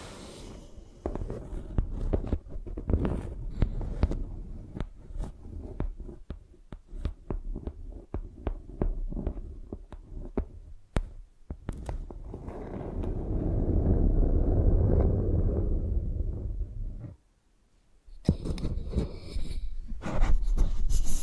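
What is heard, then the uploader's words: Microphones are tapped and scraped like pencils, with a run of sharp, regular taps through the first eleven seconds. A low, swelling rub builds and fades from about 12 to 17 seconds, then a brief silence before brighter scratching resumes near the end. ASMR Using Mics as Pencils (No Talking).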